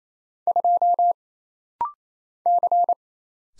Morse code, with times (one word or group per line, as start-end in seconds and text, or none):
0.5-1.1 2
2.5-2.9 C